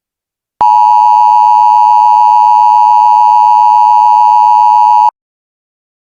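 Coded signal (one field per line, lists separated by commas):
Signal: Emergency Alert System (SAME) tones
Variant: 853 and 960 Hz attention tone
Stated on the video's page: Fictional tsunami scenario.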